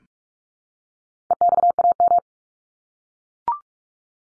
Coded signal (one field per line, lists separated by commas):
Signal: Morse code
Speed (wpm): 44 wpm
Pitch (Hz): 700 Hz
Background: none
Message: EXAM